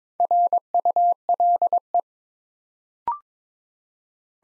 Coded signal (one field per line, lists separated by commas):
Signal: Morse code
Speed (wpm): 23 wpm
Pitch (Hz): 700 Hz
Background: none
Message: RULE